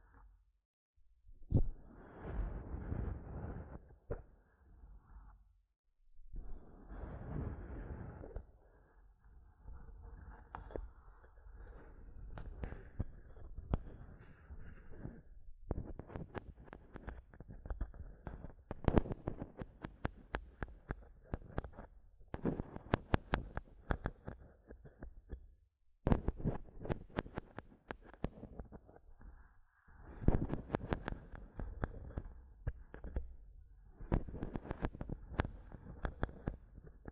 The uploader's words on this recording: ASMR Mic Tapping and Scratching (No Talking).